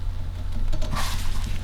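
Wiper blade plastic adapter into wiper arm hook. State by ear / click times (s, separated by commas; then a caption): not seated / none. A new front wiper blade's central plastic bracket is handled on the hook of the wiper arm of a 2008–2020 Dodge Grand Caravan, sliding it back so its little plastic tab can click into the hole. Soft handling and rubbing noises run over a steady low hum, with a brief faint knock at 0.7 s. Nothing has clicked or seated yet.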